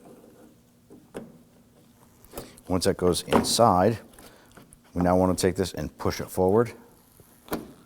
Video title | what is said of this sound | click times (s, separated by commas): How to Replace Right Exterior Door Handle 2008-2011 Ford Focus | It's going to lock into place. | 7.5 s